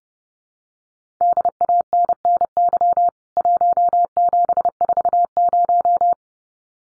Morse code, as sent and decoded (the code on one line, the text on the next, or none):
-.. .- -. -. -.-- / .---- --... ....- -----
DANNY 1740